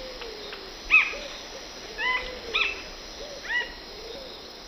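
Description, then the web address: Plain-crowned spinetail giving several quick, sharp phrases, with faint, lower slurred whistles behind. Two birds singing; eastern lowlands of South America. "Natures Songs S America Eastern Lowlands. Synallaxis gujanensis, songs 2 birds"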